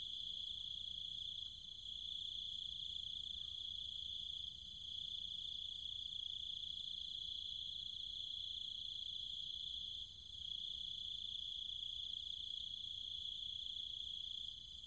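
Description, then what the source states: Cicadas and other insects give a continuous high-pitched droning chorus, steady throughout, with short softer moments and a low background rumble. Nighttime chorus of cicadas and other insects in trees and fields, countryside of Chiang Mai, Thailand.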